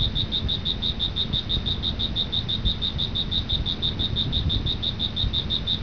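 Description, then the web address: Cricket chirping: a rapid string of piercing pulses holding a steady pitch, above a low background rumble. "特酷声音素材库 动物 昆虫 蟋蟀"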